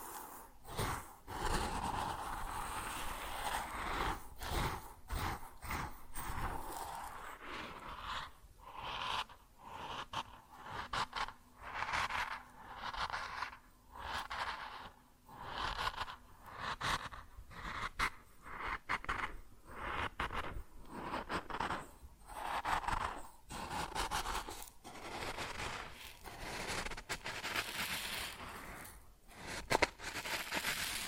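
Grain rattles and hisses in repeated bursts, each surge a dense, bright rush of tiny pellets followed by a brief pause. The bursts come at a fairly regular pace, roughly one per second, with a sharper knock near the end.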